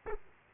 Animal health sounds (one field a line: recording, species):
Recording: mosquito wingbeat signal from an infrared sensor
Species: Aedes aegypti